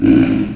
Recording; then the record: squeal of a Yucatan mini pig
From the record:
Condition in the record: after surgery on the right vocal fold (resection and tissue-engineered implant); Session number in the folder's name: 1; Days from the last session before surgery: 13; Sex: female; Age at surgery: 19 weeks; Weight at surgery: 25 kg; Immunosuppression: prednisolone